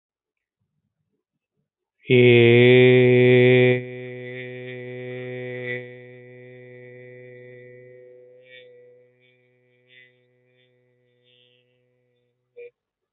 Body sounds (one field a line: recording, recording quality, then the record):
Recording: sustained vowel as in made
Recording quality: excellent, no background noise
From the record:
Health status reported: healthy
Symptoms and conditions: diabetes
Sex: male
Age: 35 years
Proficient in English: yes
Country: India